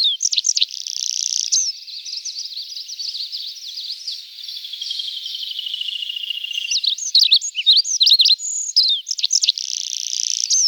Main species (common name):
Olive-backed Pipit